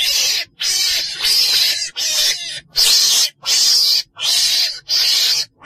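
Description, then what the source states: Weasel making rasping, hissed bursts repeated in a steady run, each burst loud and noisy with brief pauses between. Black weasel (chồn đen) calling.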